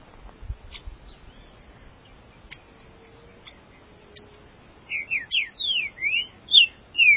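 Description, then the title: Green-winged saltator: faint clicks at first, then a loud phrase of swooping whistled notes over the last two seconds. "Trinca Ferro"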